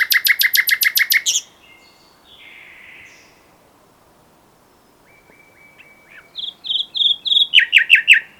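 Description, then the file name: Common nightingale song with a rapid burst of about a dozen repeated notes, a soft buzzy phrase, a long flat whistle, then more quick repeated notes. "Luscinia megarhynchos"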